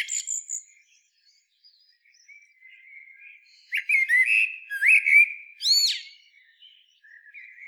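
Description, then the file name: Common blackbird song, opening with a few high thin notes, then a mellow fluted warble that breaks into sharp, high twittering before a soft closing phrase. "Turdus merula"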